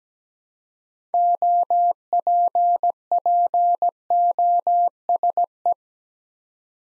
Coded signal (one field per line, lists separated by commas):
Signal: Morse code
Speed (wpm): 17 wpm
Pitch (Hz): 700 Hz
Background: none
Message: OPPOSE